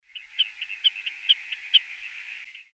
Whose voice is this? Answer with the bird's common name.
Common Snipe